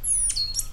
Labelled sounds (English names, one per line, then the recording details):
Stitchbird song
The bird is a male
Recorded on Tiritiri Matangi Island, New Zealand, in 2005
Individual 10, of nest box 12